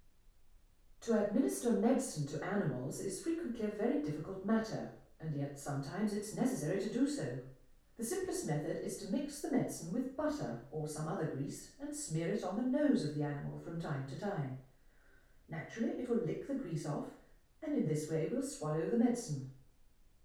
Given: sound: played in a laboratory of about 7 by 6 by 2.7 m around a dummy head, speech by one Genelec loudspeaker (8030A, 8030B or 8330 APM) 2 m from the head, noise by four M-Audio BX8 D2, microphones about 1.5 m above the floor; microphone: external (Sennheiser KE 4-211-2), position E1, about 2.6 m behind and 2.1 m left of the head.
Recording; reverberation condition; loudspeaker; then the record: female speech in English; medium; 150 degrees to the right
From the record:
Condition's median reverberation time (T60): about 510 ms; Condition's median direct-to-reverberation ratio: about -0.5 dB